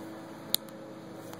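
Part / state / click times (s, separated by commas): telescoping plastic applicator section locking into its extended position / seated / 0.5 s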